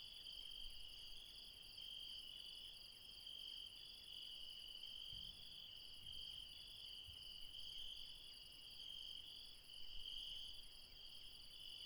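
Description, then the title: Insect: steady shrill chorus of insects, several overlapping trills holding constant pitch, with a few faint low knocks midway. Late night in the mountains at Refuge Krevatia, Barbala, near Dion, Greece. "Refuge Krevatia, Μπαρμπαλά, Dion 601 00, Greece - Late night mountain insects"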